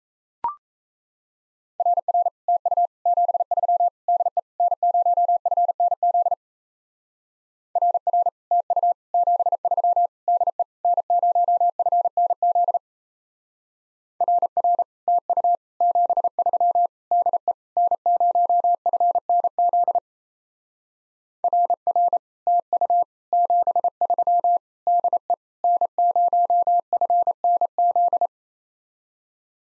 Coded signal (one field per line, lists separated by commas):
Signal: Morse code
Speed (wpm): 36 wpm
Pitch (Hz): 700 Hz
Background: none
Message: RR TU 73 DE N0FNZ RR TU 73 DE N0FNZ RR TU 73 DE N0FNZ RR TU 73 DE N0FNZ